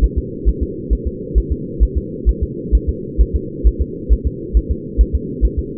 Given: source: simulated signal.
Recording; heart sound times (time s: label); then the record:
fetal heart sounds
0.04 s: S1
0.18 s: S2
0.48 s: S1
0.63 s: S2
0.93 s: S1
1.07 s: S2
1.38 s: S1
1.52 s: S2
1.83 s: S1
1.97 s: S2
2.29 s: S1
2.43 s: S2
2.75 s: S1
2.89 s: S2
3.21 s: S1
3.35 s: S2
3.67 s: S1
3.81 s: S2
4.12 s: S1
4.27 s: S2
4.57 s: S1
4.71 s: S2
5.01 s: S1
5.15 s: S2
5.45 s: S1
5.59 s: S2
From the record:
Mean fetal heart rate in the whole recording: 135 bpm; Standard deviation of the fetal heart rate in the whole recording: 3 bpm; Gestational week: 34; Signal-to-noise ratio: -4.1 dB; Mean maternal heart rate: no maternal heart sound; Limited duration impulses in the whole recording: absent